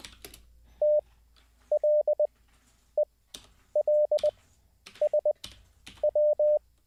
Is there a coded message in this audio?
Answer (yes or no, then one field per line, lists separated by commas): yes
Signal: Morse code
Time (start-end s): 0.8-6.6 s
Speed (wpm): 20 wpm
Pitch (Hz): 600 Hz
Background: none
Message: TLELSW